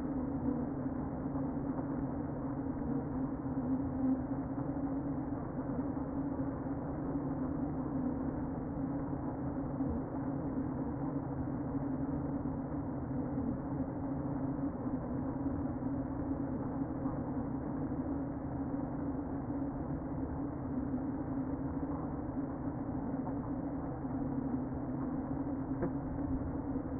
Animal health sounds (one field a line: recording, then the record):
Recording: honeybee colony, microphone inside the hive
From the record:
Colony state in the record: queen present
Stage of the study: before two queens were removed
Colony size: about 60,000 bees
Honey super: yes